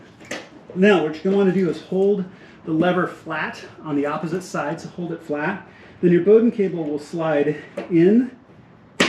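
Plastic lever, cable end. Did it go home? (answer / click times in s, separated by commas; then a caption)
yes / 9.0 s. Someone talks while sliding a door release Bowden cable end into the inner door handle lever on the door card, holding the lever flat on the opposite side. At 9.0 s the cable end is pushed down and pops into place with a sharp click, seating it.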